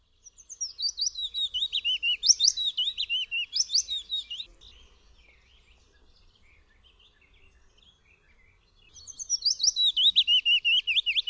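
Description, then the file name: Willow warbler singing a gentle descending trill of clear whistled notes, one long phrase followed by a pause and then another phrase starting near the end. "PIECUSZEK"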